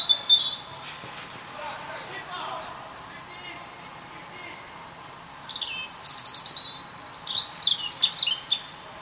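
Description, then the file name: European robin song: a brief high phrase at the start, then after a quieter spell a burst of thin, high sweeping whistles and quick trilled notes near the end. "Erithacus rubecula"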